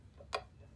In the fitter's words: one snap it on to the standoffs